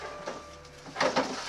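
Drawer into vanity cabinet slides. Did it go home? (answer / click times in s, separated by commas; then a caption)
yes / 1.0 s. A drawer for a new bathroom vanity is set onto its slides and pushed in until it locks in place, with a single sharp hit at 1.0 s marking the lock. A second, similar knock follows at about 1.2 s, and a faint steady hum runs underneath. The drawer is seated in the vanity cabinet slides.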